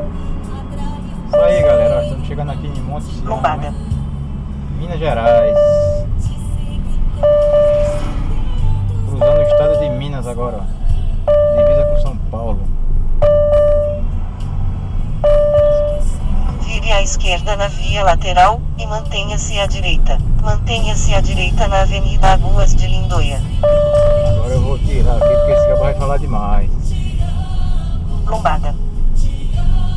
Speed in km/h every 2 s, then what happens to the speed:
39, 31, 26, 21, 21, 22, 20, 23, 24, 24, 24, 20, 18, 19, 20.
0-6 slows to 21. 6-30 steady at about 21.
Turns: none.